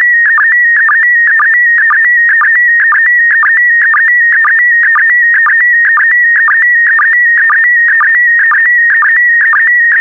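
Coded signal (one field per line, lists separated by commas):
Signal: SSTV (slow-scan television)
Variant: PD120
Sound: steady warbling high tone with rhythmic low ticks about twice per second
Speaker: get ready starting transmission in 5 4 3 2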